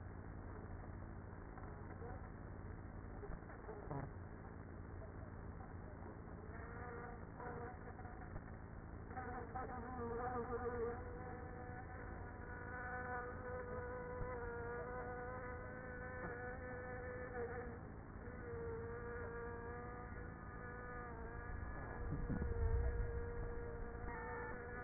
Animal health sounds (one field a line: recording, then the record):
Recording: honeybee colony, microphone inside the hive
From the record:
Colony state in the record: queenless with a low population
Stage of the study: after two queens were removed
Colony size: about 30,000 bees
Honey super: no